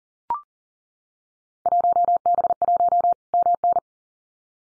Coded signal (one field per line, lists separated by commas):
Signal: Morse code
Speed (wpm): 40 wpm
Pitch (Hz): 700 Hz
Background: none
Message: 1B1 MN